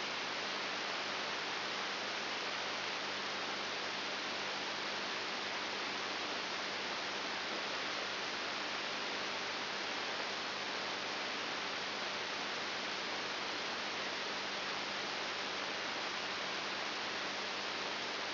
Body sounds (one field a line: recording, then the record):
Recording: brain microelectrode recording played as sound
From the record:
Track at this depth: inside the subthalamic nucleus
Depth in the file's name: 6.101 mm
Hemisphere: left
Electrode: 3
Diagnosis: Parkinson's disease